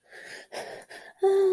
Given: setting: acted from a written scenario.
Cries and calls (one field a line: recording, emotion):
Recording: vocal sound without words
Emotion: fear